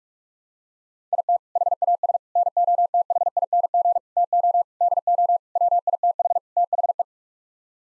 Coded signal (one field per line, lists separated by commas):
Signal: Morse code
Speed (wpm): 46 wpm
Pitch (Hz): 700 Hz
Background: none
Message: IT HAS NOTHING TO DO WITH THE